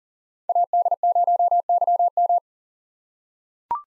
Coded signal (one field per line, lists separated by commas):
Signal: Morse code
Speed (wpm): 37 wpm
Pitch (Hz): 700 Hz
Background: none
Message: AD0YM